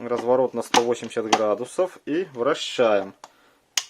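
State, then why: Seated. Someone talks while the plastic body of a manual rotary vegetable grater is turned 180 degrees and rotated. At 3.8 s the plastic locking catch snaps shut with a single sharp click, and the grater is assembled.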